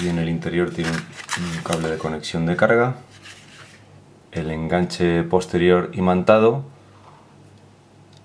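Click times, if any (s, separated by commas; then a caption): none. Someone talks while a magnetic charging cable clip is handled near the back of a Suunto 9 GPS sports watch, with quiet pauses and faint handling noise between the phrases. The clip has not yet snapped onto the watch; nothing has seated or clicked yet.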